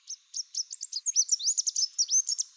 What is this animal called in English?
Chestnut-capped Warbler